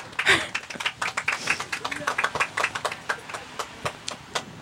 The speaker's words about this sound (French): Je vois que ça discute, ça range, il pleut, franchement, on peut les applaudir au moins pour leur courage d'avoir bravé la pluie. Merci le public.